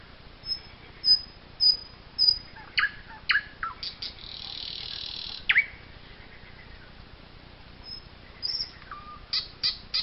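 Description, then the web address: Common nightingale song: high thin notes spaced out, then loud clicking phrases, a brief hiss-like burst, and more sharp repeated notes at the end. "chants doiseaux chant du rossignol"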